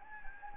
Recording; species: mosquito wingbeat signal from an infrared sensor; Anopheles gambiae